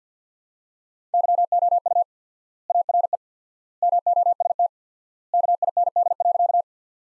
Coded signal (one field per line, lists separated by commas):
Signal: Morse code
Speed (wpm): 50 wpm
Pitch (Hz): 700 Hz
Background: none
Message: YOU ARE MOST KIND.